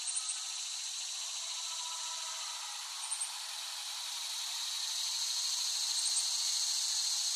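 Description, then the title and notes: A steady, shimmering cicada drone rising slowly in loudness, with occasional short high chirps every few seconds. Cicadas, West Brighton, Staten Island, late summer 2008. "Dronecast. The Cicadas of Summer. Recording of cicadas made by Dan Bodah in West Brighton, Staten Island, late summer 2008"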